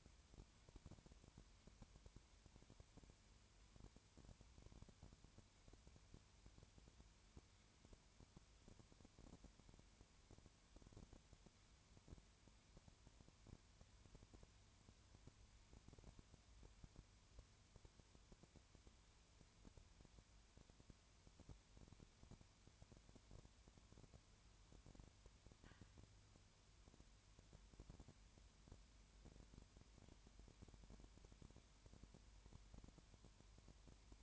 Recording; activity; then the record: daily activity, microphone in the room; no activity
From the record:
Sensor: 2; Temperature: 20.3 degrees Celsius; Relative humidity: 33.8%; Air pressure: 1003.1 hPa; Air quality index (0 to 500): 83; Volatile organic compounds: 1 ppm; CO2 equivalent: 787 ppm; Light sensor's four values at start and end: 2/3/2/2 and 2/3/2/2